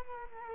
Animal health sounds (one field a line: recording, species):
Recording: mosquito wingbeat signal from an infrared sensor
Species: Culex quinquefasciatus